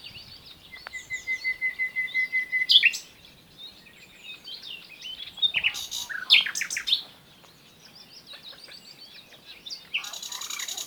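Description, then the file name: Common nightingale song: a steady string of pure repeated notes, then sharp scratchy bursts, soft phrases and a closing buzzy rattle. "Luscinia megarhynchos"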